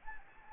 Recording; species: mosquito wingbeat signal from an infrared sensor; Anopheles gambiae